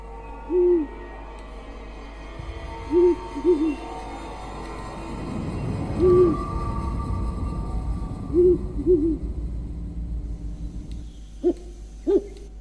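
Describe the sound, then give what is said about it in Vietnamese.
An owl hoots repeatedly at night while out feeding, low, short calls in pairs and singles spaced a few seconds apart, over a steady low rumble, with a couple of sharper higher calls near the end. “Đâu đó trong đêm, tiếng cú mèo đi ăn cứ vang lên những tiếng nghe lẻ loi, thê thiết lắm.”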